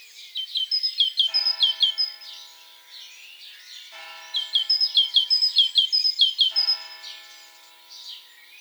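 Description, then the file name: Great tit calling in bursts of quick, high, downslurred notes, while a droning tonal hum sounds underneath at times. "Parus major"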